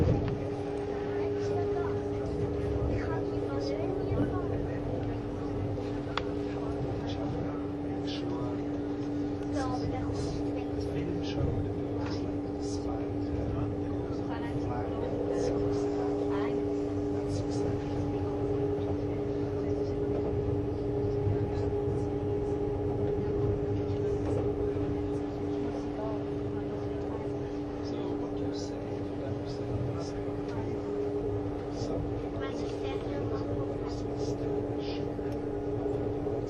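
A Swiss RABDe 500 ICN tilting train runs on the Gotthard line, its steady motor hum holding a low drone with clear tones throughout. Voices talk underneath the whole time, with scattered clicks and rattles from the running train.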